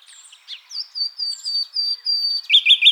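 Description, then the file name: Common nightingale song: a series of pure whistled notes repeated evenly, followed by a quick burst of loud, chattering notes at the end. "Luscinia megarhynchos"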